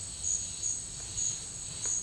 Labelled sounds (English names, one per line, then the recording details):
none
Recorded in dense forest near Puerto Asís, Putumayo, Colombia, on 19 March 2025 at 10:30
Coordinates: 0.485, -76.318
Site G056